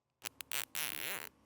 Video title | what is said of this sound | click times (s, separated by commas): DIY Fencing Friends | all right it's starting to click so what we want to do now that we have it a little bit tight is again we're going to use our Shield as a | 0.3 s, 0.4 s, 0.8 s